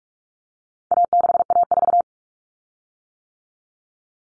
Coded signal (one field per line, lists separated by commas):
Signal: Morse code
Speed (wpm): 44 wpm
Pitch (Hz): 700 Hz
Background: none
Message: A6A4